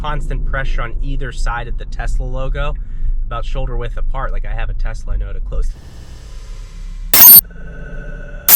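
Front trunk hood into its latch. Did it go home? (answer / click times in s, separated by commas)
no / none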